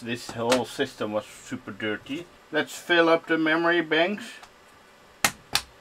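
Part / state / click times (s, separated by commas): memory module into motherboard slot / seated / 5.2 s, 5.5 s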